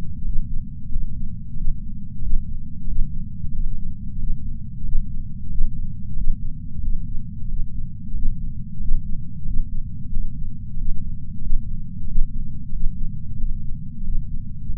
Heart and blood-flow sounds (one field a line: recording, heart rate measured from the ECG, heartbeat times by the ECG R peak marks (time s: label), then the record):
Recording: heart sounds by patch sensor on the chest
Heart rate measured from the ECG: 91 bpm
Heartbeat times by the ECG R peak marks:
0.23 s: heartbeat
0.89 s: heartbeat
1.55 s: heartbeat
2.20 s: heartbeat
2.86 s: heartbeat
3.52 s: heartbeat
4.17 s: heartbeat
4.83 s: heartbeat
5.48 s: heartbeat
6.15 s: heartbeat
6.81 s: heartbeat
7.47 s: heartbeat
8.13 s: heartbeat
8.79 s: heartbeat
9.44 s: heartbeat
10.10 s: heartbeat
10.76 s: heartbeat
11.40 s: heartbeat
12.06 s: heartbeat
12.71 s: heartbeat
13.37 s: heartbeat
14.03 s: heartbeat
14.67 s: heartbeat
From the record:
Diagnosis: coronary artery disease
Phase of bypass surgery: postoperative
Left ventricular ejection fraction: 63.8%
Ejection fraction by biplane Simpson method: 63.7%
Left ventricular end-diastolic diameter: 46 mm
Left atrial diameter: 36 mm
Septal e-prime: 6 cm/s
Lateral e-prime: 8.7 cm/s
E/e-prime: 11.2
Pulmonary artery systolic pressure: 20 mmHg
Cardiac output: 4.6 L/min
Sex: male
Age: 58 years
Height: 170 cm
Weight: 80 kg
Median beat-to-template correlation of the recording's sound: 0.85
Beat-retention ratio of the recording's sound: 0.99